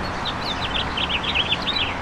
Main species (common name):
House Finch